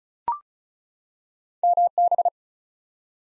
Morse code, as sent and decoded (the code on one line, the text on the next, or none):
-- -...
MB